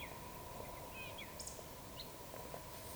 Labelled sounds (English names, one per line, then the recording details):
Eurasian Woodcock whistle
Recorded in Baden-Württemberg, Germany, on 1 June 2020 at 19:38 UTC
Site 44397, 226 m above sea level